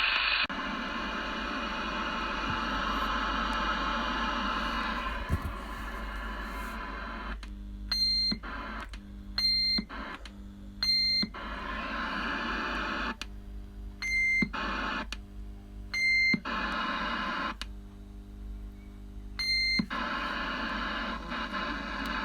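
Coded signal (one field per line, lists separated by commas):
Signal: roger beep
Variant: CRT SS6900N CB radio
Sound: repeated hiss bursts, each unkeying with a short steady high beep and click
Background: radio static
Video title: CRT SS6900N Roger Beep Sound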